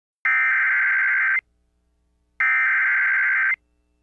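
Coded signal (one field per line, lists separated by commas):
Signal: Emergency Alert System (SAME) tones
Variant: header bursts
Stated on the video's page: Flash flood warning received on AM/FM radio.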